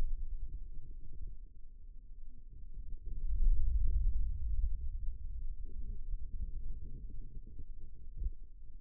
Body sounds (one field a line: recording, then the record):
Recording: forearm muscle sounds (acoustic myography)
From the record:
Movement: radial deviation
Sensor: system 2, bracelet of six BSWA MPA416 microphones around the upper forearm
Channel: 3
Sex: male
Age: 22 years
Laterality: right